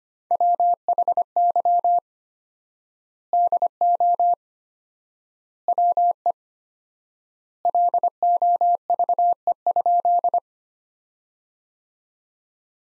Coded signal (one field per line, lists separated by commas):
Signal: Morse code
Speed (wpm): 25 wpm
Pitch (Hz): 700 Hz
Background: none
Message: WHY DO WE LOVE?